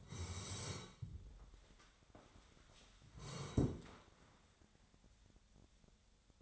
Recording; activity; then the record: daily activity, microphone in the room; sit down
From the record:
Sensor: 3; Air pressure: 1015.2 hPa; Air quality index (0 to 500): 137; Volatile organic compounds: 6 ppm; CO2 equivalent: 1943 ppm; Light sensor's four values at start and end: 14/37/15/16 and 14/38/15/16